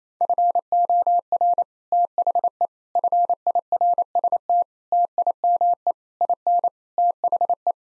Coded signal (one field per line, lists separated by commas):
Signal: Morse code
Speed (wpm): 28 wpm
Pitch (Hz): 700 Hz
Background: none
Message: FOR THE FIRST TIME IN THE